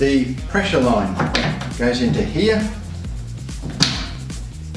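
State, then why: Seated. The quick-connect coupling of the high-pressure solution line is pushed into its port on a Steamaster RD5 carpet cleaning machine while someone talks over background music. One loud, sharp click at 3.8 s stands out as the coupling seats, showing it is in nice and tight.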